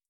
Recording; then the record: hydrophone in a shrimp aquaculture tank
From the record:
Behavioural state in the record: starved